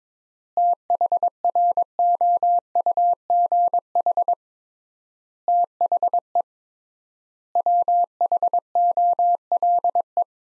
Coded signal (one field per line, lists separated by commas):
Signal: Morse code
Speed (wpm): 22 wpm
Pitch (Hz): 700 Hz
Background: none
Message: THROUGH THE WHOLE